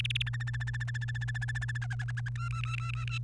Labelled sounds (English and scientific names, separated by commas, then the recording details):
Domestic Canary (Serinus canaria) song
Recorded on 29 April 2018 at 18:13
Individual llb3